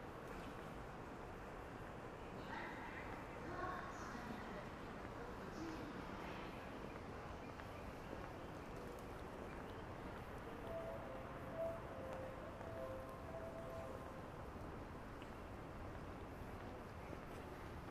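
Daytime street noise in Akihabara: a steady, dense low rumble of traffic runs throughout. Voices rise briefly around two to four seconds and again near six, and a thin, high tone sounds faintly from about eleven to fourteen seconds.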